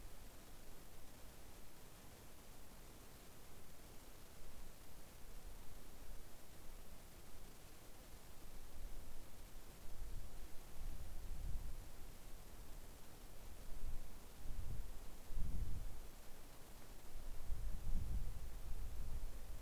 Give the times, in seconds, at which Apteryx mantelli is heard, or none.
none